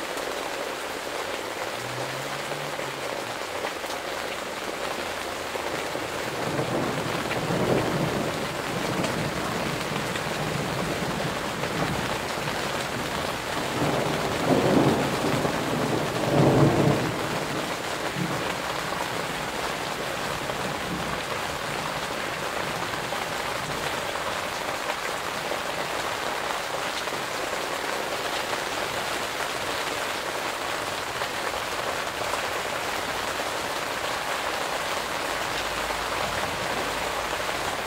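Summer rain falls steadily in a garden under a greenhouse, a dense, even hiss with drops pattering on the surface throughout. Around seconds 7 and again from 14 to 17, low rumbles of thunder swell up and fade, the later one louder.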